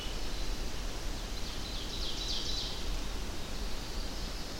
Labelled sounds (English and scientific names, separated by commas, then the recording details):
Ovenbird (Seiurus aurocapilla) song
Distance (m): 75 m
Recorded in boreal forest in Alberta, Canada, on 25 June 2016 at 08:10
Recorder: SongMeter 3, array SBT-6-76
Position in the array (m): 298 m, 81 m
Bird 1